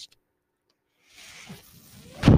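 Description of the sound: After a silence, a low mechanical whir builds with a rising tone and ends in a loud whoosh: one breath cycle of a home mechanical ventilator.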